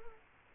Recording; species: mosquito wingbeat signal from an infrared sensor; Culex quinquefasciatus